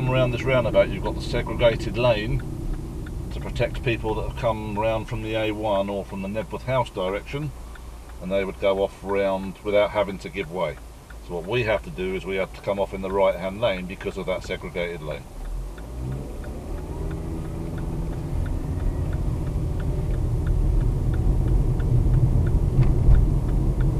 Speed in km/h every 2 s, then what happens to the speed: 19, 3, 0, 0, 0, 0, 0, 15, 24, 29, 29, 29.
0-3 brakes to 0. 3-12 standing. 12-17 pulls away to 29. 17-24 steady at about 29.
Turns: 16-20.